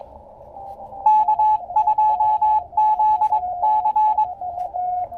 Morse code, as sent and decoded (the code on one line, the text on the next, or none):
-.- ..--- --.. -.-.
K2ZC